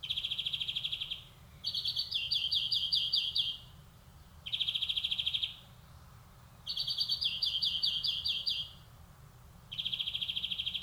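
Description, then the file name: European greenfinch song: buzzy trills alternating with rapid rolling twitters, phrases of one to two seconds separated by short pauses, against faint low background hum. "Chloris chloris"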